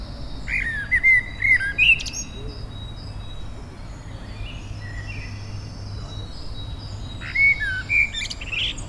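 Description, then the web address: Bird singing in two short bursts of sharp, chirpy notes with thin high ticks, a quiet pause between them, over faint background hiss. Native hedge bird recorded in April. "oeko hecke vogel april vogel heimisch"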